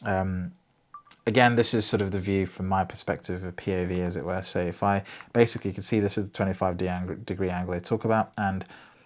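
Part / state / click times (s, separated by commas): laptop memory module into main board SO-DIMM slot / not seated / none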